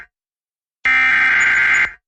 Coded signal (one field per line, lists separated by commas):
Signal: Emergency Alert System (SAME) tones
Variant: header bursts